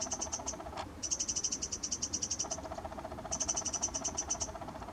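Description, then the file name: Eurasian wren rattling fast high ticks in long runs, with a lower, similarly pulsed chattering sound underneath for much of the time. "Troglodytes troglodytes"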